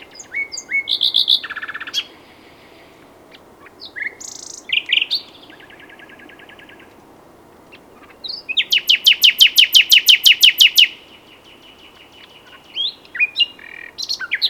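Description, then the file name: Common nightingale song with short mixed phrases and a dry rattle. After a pause comes a long, loud run of rapid, evenly repeated notes, then further brief phrases. "Luscinia megarhynchos"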